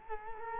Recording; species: mosquito wingbeat signal from an infrared sensor; Culex quinquefasciatus